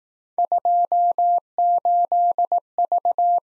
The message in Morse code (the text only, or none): 28V